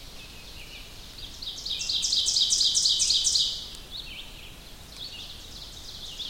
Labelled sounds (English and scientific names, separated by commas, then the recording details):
Ovenbird (Seiurus aurocapilla) song
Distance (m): 15 m
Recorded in boreal forest in Alberta, Canada, on 2 June 2016 at 05:16
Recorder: SongMeter 3, array SBT-3-7
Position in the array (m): 22 m, 131 m
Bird 4